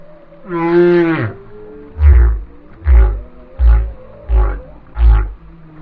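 Whale song with one harmonic moan followed by five short, deep pulsed grunts.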